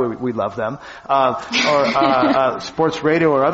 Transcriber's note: laughter